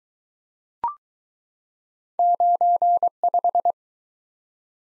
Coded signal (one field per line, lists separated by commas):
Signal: Morse code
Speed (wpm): 22 wpm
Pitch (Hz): 700 Hz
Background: none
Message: 95